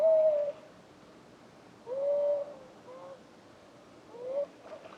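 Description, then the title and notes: Eurasian beaver whines: three tonal calls spaced about two seconds apart over a faint hiss. Czarny Dunajec, Lesser Poland, Poland; recorded with a Zoom F3 and Usi Pro microphones in a drop rig. "Czarny Dunajec, województwo małopolskie, Polska - Voice of European Beaver. Recordist: Maciej Wirmański"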